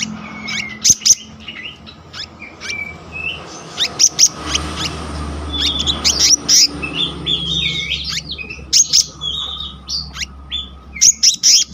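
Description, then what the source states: Selendang biru songbird singing a long run of high, varied chirps, trills and short whistled notes, with sharp clicks and a low steady hum underneath. Continuous rolling song style called gacor ngeroll, with varied filler notes (isian).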